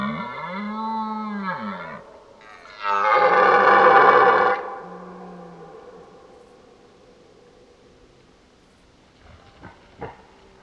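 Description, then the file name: Red deer stag roaring: a low, moaning bellow, then a loud, harsh roar, trailing into quiet with a few faint knocks near the end. Old stag bellowing during the rut (burlen). "Burlen 03 oud hert"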